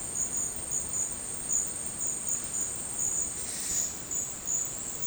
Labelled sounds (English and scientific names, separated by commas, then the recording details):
none
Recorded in dense forest near Puerto Asís, Putumayo, Colombia, on 22 December 2024 at 12:00
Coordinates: 0.466, -76.327
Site G075